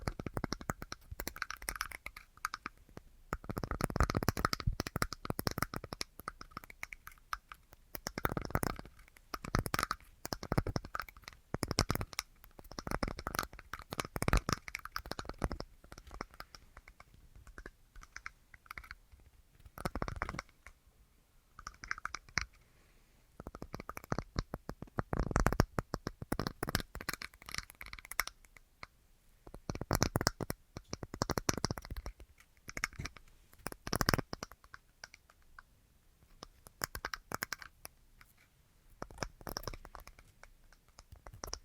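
Tapping on assorted objects comes as quick bursts of crisp, bright clicks, some rapid and clustered, others single and sharper. The rhythm is uneven, with brief pauses throughout the whole clip and a few louder, fuller taps around five, twenty, twenty-five and thirty seconds.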